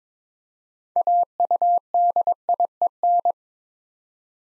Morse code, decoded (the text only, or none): AUDIEN